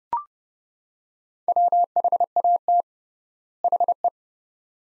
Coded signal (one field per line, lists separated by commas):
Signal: Morse code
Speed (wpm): 30 wpm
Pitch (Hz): 700 Hz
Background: none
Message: WHAT HE